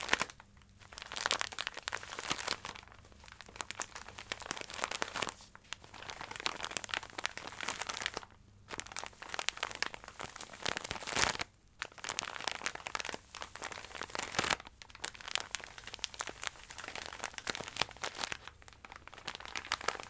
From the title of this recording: Ear-To-Ear Crinkling Sounds